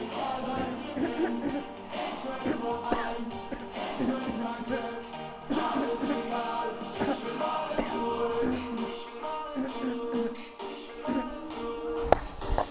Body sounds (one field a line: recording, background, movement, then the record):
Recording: throat clearing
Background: music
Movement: sitting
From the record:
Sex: female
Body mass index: 36.4 kg/m2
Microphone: on the chest, facing outward